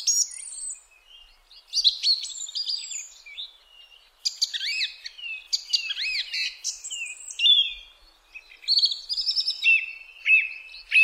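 Song thrush in continuous song, fast varied phrases of whistles, chirps and trills, many given twice or thrice in succession.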